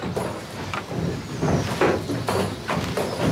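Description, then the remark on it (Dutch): A drainage windmill, run by a miller to pump water from a polder in a former peat area, stamps and thumps in a steady, heavy rhythm at a fast pace, roughly two knocks per second over a continuous low rumble, with no voices. “Het is een heel ritmisch apparaat. En je hoort zo dat gestamp en dat gebonk.”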